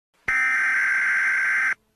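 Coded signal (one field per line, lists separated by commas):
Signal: Emergency Alert System (SAME) tones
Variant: header bursts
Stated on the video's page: Fictional EAS scenario about a large tornado levelling Wichita, Kansas.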